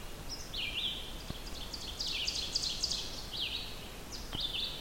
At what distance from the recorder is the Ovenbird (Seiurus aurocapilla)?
about 50 m